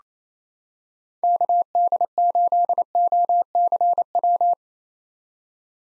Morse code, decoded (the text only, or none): KD8OCW